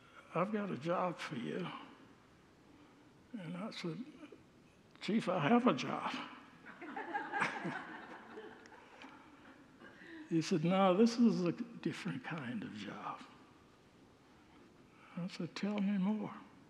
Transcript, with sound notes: “I’ve got a job for you.” And I said, “Chief, I have a job.” [Congregants laugh] He said, “No; this is a different kind of job.” I said, “Tell me more.”